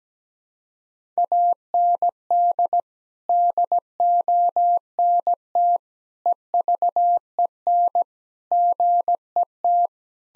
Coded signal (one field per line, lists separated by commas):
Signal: Morse code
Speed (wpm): 17 wpm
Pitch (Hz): 700 Hz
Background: none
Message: AND DONT EVEN GET